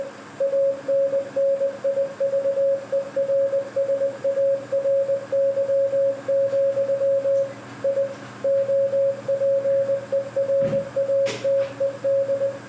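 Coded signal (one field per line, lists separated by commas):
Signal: Morse code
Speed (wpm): 20 wpm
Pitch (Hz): 550 Hz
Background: radio noise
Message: ANNIVERSARY, I OPERATED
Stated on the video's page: Morse youth outreach presentation; the ending high-speed message was sent inaccurately and ended in gibberish.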